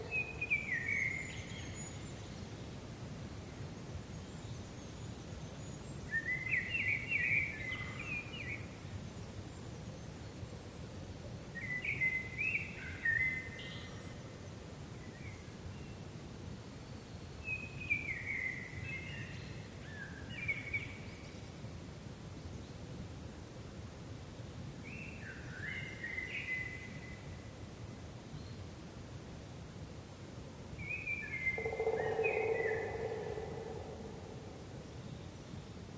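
A spring forest with a bird repeating a short bright phrase every five seconds or so over a steady low rumble, plus a lower call near the end.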